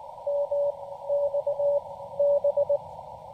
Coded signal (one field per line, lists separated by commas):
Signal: Morse code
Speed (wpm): 20 wpm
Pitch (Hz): 560 Hz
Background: none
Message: MXB